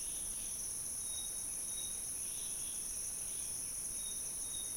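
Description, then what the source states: Insects shrill in an unbroken high chorus, with a few brief, faint bird whistles scattered throughout. Insect and bird chorus recorded in Gabon.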